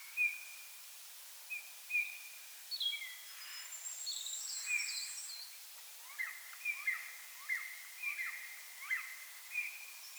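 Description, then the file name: Eurasian bullfinch calls: several short whistled notes, more frequent toward the end, with other birds chirping and singing in the background. "Pyrrhula pyrrhula"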